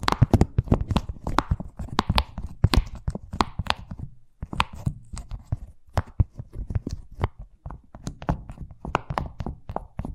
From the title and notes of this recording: ASMR Braingasm Inducing Fast Tapping (No Talking).